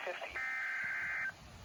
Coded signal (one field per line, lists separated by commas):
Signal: Emergency Alert System (SAME) tones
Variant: header bursts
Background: speech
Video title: TORNADO WARNING FOR SYRACUSE NY (EAS #032)(Warning #045)